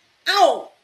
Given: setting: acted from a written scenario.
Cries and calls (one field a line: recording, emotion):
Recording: vocal sound without words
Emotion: pain